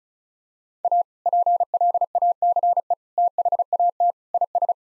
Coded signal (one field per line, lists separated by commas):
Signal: Morse code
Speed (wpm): 34 wpm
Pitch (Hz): 700 Hz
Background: none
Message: A PLACE THAT IS